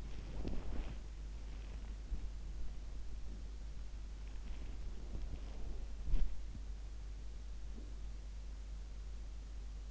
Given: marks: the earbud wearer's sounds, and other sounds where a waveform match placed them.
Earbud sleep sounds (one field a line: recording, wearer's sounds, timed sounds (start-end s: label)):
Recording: sounds in sleep by an in-ear microphone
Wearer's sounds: body movement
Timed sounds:
0.00-6.81 s: body movement